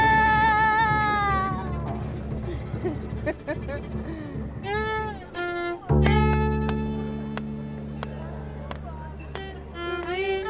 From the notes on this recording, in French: Nuit Debout à Nantes Place du Bouffay